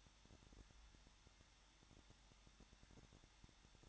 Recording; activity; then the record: daily activity, microphone in the room; no activity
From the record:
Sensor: 3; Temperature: 21.2 degrees Celsius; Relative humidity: 36.4%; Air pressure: 1006.4 hPa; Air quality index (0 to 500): 222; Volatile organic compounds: 42 ppm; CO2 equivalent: 3182 ppm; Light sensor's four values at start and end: 2/3/2/2 and 2/3/2/2